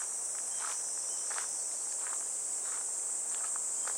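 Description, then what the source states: Cicada: high, steady buzzing from cicadas carries on throughout, accompanied by slow, soft footsteps. Recorded on a walk along a riverbank path on a fresh, clear morning, heading toward a weir where water falls like a waterfall; cicada voices gradually give way to falling water.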